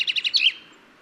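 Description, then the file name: Common chaffinch song ending: four quick high repeated notes, then a short flourish, fading out. "Fringilla coelebs"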